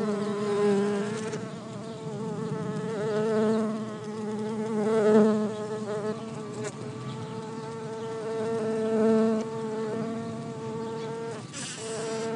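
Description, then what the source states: Bumblebee buzzing, a continuous low droning hum that swells and fades gently in waves. Bumblebees in their hive.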